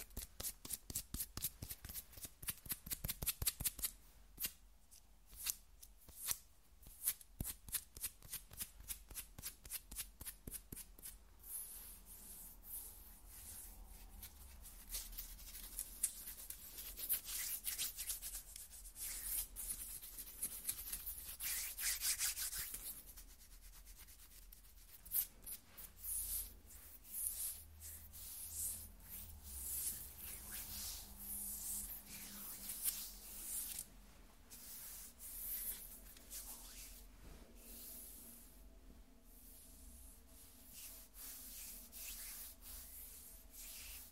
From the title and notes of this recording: ASMR Skin Scratching 1 Hour (No Talking).